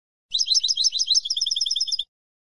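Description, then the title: European goldfinch song, a brief phrase of busy tinkling twitters running into a quick regular trill. "Jilguero"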